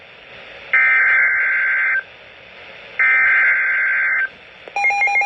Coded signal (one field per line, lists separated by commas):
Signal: Emergency Alert System (SAME) tones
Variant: header bursts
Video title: Special Marine Warning (EAS #42)